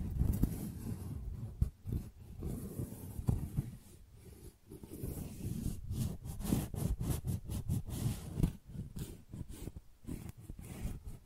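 Tingly flower sounds: soft, dense rustling and handling with a steady low rumble underneath. Quick crisp crackles and taps come in irregular bursts throughout, with brief near-silent gaps around two, four and eight and a half seconds.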